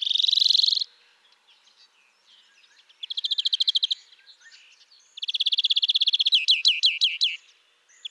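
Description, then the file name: European greenfinch song with a wheezy buzz, then fast rolling trills separated by soft twittering, the last ending in a run of chirps. "Chloris chloris"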